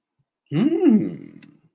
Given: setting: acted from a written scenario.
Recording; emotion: vocal sound without words; interest